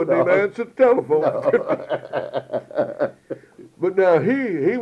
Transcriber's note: laughter